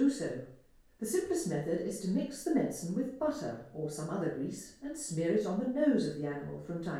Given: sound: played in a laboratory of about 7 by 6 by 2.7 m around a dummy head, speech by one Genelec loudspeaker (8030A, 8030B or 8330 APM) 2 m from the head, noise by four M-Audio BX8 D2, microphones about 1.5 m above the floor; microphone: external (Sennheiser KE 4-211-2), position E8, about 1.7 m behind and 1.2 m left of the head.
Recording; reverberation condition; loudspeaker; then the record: female speech in English; medium; 150 degrees to the right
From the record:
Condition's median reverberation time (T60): about 510 ms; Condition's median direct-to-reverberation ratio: about -0.5 dB